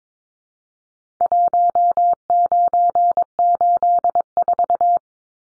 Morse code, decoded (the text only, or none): 1984